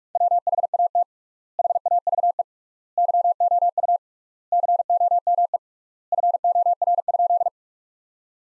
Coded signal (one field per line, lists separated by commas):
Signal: Morse code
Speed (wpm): 46 wpm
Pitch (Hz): 700 Hz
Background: none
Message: WHAT HAVE YOU COME FOR?